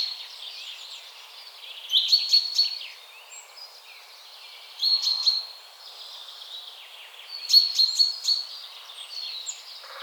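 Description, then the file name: Common chaffinch calls: short chirpy bursts with a thin whistled note, repeated about every three seconds over steady low background noise. "Fringilla coelebs"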